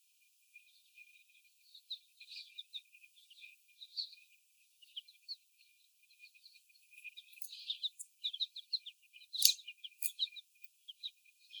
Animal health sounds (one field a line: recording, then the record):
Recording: young laying hens in a cage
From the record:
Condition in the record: before the stressor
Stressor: sudden umbrella opening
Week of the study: 1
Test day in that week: 1